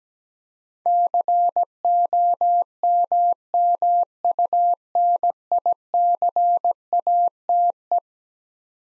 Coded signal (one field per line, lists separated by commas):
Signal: Morse code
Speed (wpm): 17 wpm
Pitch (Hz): 700 Hz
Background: none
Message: COMMUNICATE